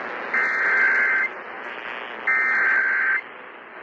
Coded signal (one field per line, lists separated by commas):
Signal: Emergency Alert System (SAME) tones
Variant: header bursts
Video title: EAS #1486 WI Amber Alert 10-16-21 (CHILD FOUND DEAD)